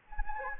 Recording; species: mosquito wingbeat signal from an infrared sensor; Anopheles gambiae